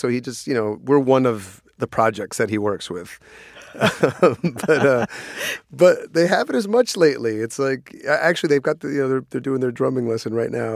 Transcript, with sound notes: So he just, you know, we're one of the projects that he works with. (LAUGHTER) But they haven't as much lately. It's like, actually, they've got - you know, they're doing their drumming lesson right now.